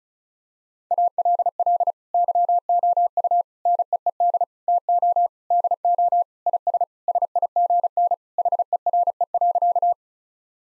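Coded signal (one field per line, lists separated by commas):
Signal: Morse code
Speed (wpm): 34 wpm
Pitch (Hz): 700 Hz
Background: none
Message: ALL YOU NEED TO DO IS SIGN HERE.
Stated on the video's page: Morse code practice sentences of common six-word phrases sent at 35 wpm, for head-copy training.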